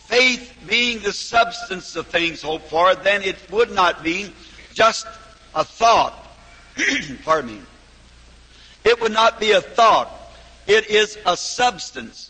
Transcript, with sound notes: Faith, being the substance of things hoped for, then it would not be just a thought. [Brother Branham clears his throat] It would not be a thought; it is a substance.